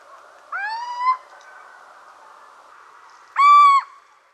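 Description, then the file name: Little owl calling: a mewing note about half a second long that climbs in pitch, followed after a pause by a louder, level call. "pojdzka"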